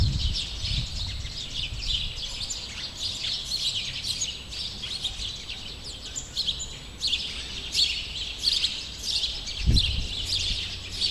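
Sparrows calling, bursts of bright, overlapping chirps from several birds rising and falling in intensity, with a low rumbling thud near the end.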